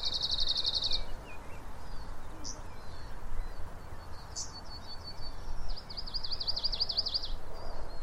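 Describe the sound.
Bird produces a short high rapid trill at the start, then scattered sharp notes and a softer wavering trill later, against a strong steady low background hiss.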